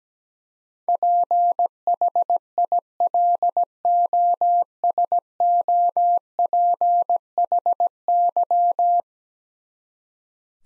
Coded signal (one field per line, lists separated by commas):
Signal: Morse code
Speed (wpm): 17 wpm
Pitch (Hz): 700 Hz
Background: none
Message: PHILOSOPHY